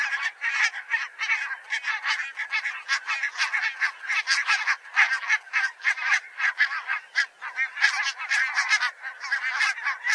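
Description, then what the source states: Barnacle goose: barnacle geese in a noisy flock, many short barking honks piling over one another in a continuous, restless chatter. Several barnacle geese.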